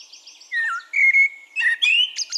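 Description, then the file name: Common blackbird phrase: soft repeated high notes, then a sliding note, a clear sustained whistle and a bright, squeaky twitter. "Turdus merula"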